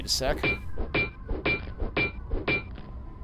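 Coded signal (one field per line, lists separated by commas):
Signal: none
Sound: game's mechanism beeps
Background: speech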